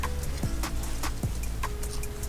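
A plastic automotive fog light wiring connector is handled at the socket of a headlight T-harness, a socket with no locking pin because the car didn't come with one. A few short, light ticks of handling sit over a steady tonal background. The plug has not clicked in or seated yet.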